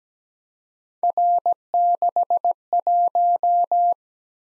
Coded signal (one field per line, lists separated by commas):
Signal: Morse code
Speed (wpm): 17 wpm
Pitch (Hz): 700 Hz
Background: none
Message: R61